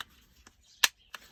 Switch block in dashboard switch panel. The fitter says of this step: hear the click. And there you are.